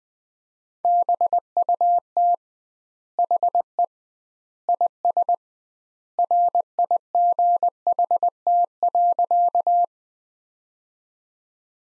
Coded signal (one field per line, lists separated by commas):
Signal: Morse code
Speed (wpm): 21 wpm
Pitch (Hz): 700 Hz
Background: none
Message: BUT HE IS RIGHT.